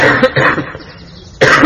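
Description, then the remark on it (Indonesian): A few loud, harsh coughs: two quick bursts in a row, a short pause, then one more forceful cough. No one speaks. “Malah batuk.”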